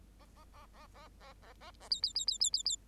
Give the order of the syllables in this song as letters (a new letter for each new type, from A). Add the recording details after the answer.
A A A A A A A A A B B B B B B B. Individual Bird8